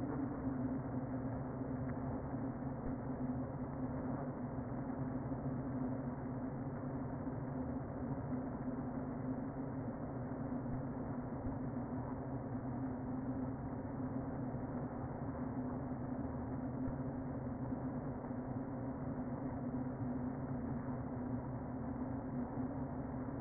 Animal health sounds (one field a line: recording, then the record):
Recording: honeybee colony, microphone inside the hive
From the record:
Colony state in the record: queen present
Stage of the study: before two queens were removed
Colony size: about 60,000 bees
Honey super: yes